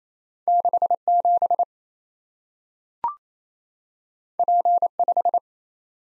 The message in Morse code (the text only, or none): 67 P5